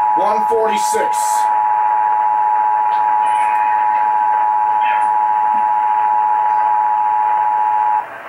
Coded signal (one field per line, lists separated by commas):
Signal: Emergency Alert System (SAME) tones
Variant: 853 and 960 Hz attention tone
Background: speech